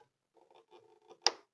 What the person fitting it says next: yeah, I can hear that nice click in there and that's going to hold it quite well